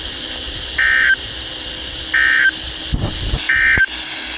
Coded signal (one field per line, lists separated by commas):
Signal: Emergency Alert System (SAME) tones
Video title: The Calm After the Storm. (EAS#368)